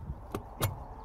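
On a Cadillac XT5 Sport AWD, the cargo management divider's twist lock is turned to the unlocked position and the divider panel is pulled up out of its floor anchor track. A short, sharp click comes at 0.4 s, followed by a broader, louder thump around 0.6 s. The divider is released and comes free of the anchor.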